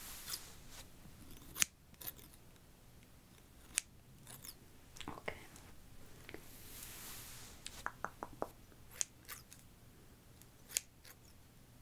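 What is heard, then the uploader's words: Crisp scissor snips click irregularly through a haircut, with sharp cuts near two, four, nine and eleven seconds and a soft hiss midway. ASMR The Most Relaxing Haircut And Hair Wash (realistic layered sounds).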